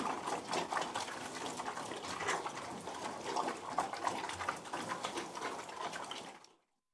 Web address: BBC Sound Effects Library Livestock Close Perspective Of Pig Feeding